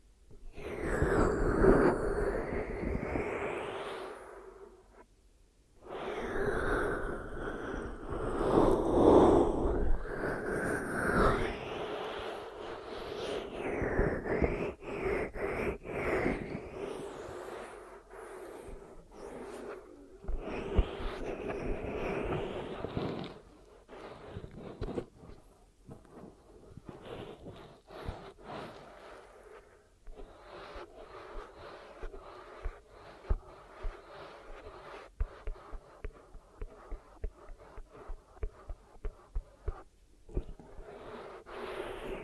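Ear massage and cleaning with close muffled rubbing and rustling. Broad swells of rubbing fill the first twenty-odd seconds and stop briefly near 5 and 10 seconds. After that the sound thins to lighter, scattered scratches and small sharp ticks that repeat irregularly to the end.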